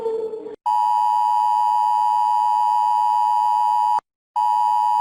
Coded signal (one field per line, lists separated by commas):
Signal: Emergency Alert System (SAME) tones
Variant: 853 and 960 Hz attention tone